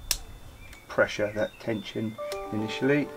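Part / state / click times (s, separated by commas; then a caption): clutch spring bolt in a motorcycle clutch pressure plate / released / 0.1 s. A steel clutch spring bolt on the pressure plate of a Yamaha YZF750 R motorcycle clutch is undone, working corner to corner and starting with the top right. A sharp click at 0.1 s marks the bolt cracking loose and releasing the spring tension. Someone then talks.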